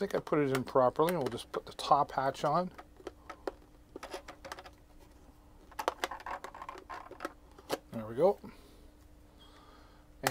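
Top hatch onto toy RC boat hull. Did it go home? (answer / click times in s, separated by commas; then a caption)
yes / 10.3 s. A plastic top hatch is put onto the hull of a toy RC boat while someone talks, with a few light plastic taps and knocks along the way. The hatch locks into place with a sharp click at 10.3 seconds.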